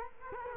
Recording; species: mosquito wingbeat signal from an infrared sensor; Culex quinquefasciatus